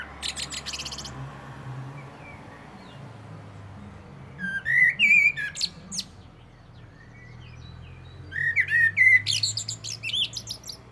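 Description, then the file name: Common blackbird: loud warbled phrases with sharp, high chattering tails, repeated a few seconds apart, over a low background drone. "Turdus merula"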